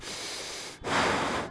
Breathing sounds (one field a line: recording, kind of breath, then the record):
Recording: one breath in and out by a microphone near the nose and mouth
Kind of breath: strong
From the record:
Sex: male